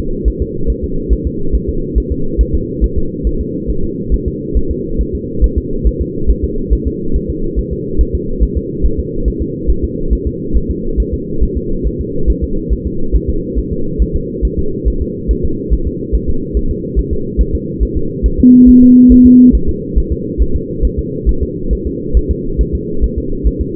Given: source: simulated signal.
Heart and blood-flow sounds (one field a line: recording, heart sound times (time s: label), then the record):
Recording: fetal heart sounds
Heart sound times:
0.28 s: S1
0.42 s: S2
0.70 s: S1
0.84 s: S2
1.13 s: S1
1.27 s: S2
1.55 s: S1
1.69 s: S2
1.98 s: S1
2.12 s: S2
2.41 s: S1
2.55 s: S2
2.84 s: S1
2.98 s: S2
3.27 s: S1
3.41 s: S2
3.70 s: S1
3.84 s: S2
4.14 s: S1
4.28 s: S2
4.57 s: S1
4.71 s: S2
5.01 s: S1
5.15 s: S2
5.44 s: S1
5.58 s: S2
5.87 s: S1
6.01 s: S2
6.30 s: S1
6.44 s: S2
6.73 s: S1
6.87 s: S2
7.16 s: S1
7.30 s: S2
7.59 s: S1
7.73 s: S2
8.01 s: S1
8.15 s: S2
8.43 s: S1
8.57 s: S2
8.85 s: S1
9.00 s: S2
9.28 s: S1
9.42 s: S2
9.70 s: S1
9.84 s: S2
10.13 s: S1
10.27 s: S2
10.56 s: S1
10.71 s: S2
11.00 s: S1
11.14 s: S2
11.43 s: S1
11.57 s: S2
11.87 s: S1
12.01 s: S2
12.30 s: S1
12.44 s: S2
12.73 s: S1
12.87 s: S2
13.16 s: S1
13.30 s: S2
13.59 s: S1
13.73 s: S2
14.02 s: S1
14.16 s: S2
14.45 s: S1
14.59 s: S2
14.88 s: S1
15.02 s: S2
15.31 s: S1
15.45 s: S2
15.73 s: S1
15.88 s: S2
16.15 s: S1
16.29 s: S2
16.57 s: S1
16.71 s: S2
16.99 s: S1
17.13 s: S2
17.41 s: S1
17.55 s: S2
17.83 s: S1
17.97 s: S2
18.26 s: S1
18.40 s: S2
18.69 s: S1
18.83 s: S2
19.12 s: S1
19.26 s: S2
19.55 s: S1
19.69 s: S2
19.98 s: S1
20.12 s: S2
20.42 s: S1
20.56 s: S2
20.85 s: S1
20.99 s: S2
21.29 s: S1
21.43 s: S2
21.73 s: S1
21.87 s: S2
22.17 s: S1
22.31 s: S2
22.61 s: S1
22.75 s: S2
23.04 s: S1
23.18 s: S2
23.47 s: S1
23.61 s: S2
From the record:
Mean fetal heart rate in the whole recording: 140 bpm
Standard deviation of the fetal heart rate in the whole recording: 2 bpm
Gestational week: 34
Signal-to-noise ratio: -8.1 dB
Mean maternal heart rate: 72 bpm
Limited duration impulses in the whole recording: present